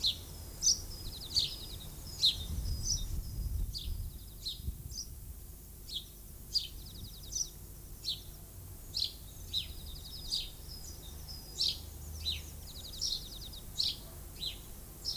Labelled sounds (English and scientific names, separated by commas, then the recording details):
House Sparrow (Passer domesticus) song
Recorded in the wild
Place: Lübars, Berlin, DE
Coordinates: 52.6167, 13.35
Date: 2004-04-04 13:32
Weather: overcast, 14°C
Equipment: Fair Mate ST-1328 (Asahi Electronics, Japan), Sennheiser ME 80, Kopie Uher 4000 Report Monitor
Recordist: Tembrock, Günter